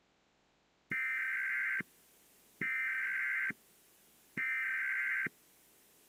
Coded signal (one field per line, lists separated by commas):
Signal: Emergency Alert System (SAME) tones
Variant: header bursts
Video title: watching EAS scenarios and hanging out part 3